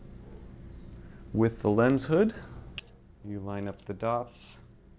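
Someone talks while a black lens hood is lined up by its alignment dots and handled at the bayonet on the front of a wide-angle Sony E-mount camera lens, with a few faint handling ticks between the words. The clip ends before the hood goes home, so nothing has seated or clicked yet.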